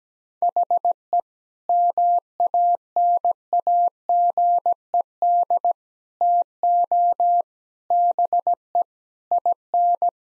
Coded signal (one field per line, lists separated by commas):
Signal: Morse code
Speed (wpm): 17 wpm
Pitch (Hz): 700 Hz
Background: none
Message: HE MANAGED TO BE IN